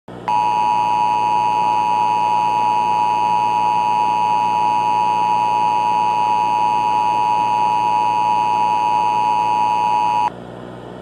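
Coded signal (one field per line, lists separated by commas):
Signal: Emergency Alert System (SAME) tones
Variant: 853 and 960 Hz attention tone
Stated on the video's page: Fictional EAS scenario using valid SAME tones.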